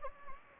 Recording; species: mosquito wingbeat signal from an infrared sensor; Anopheles gambiae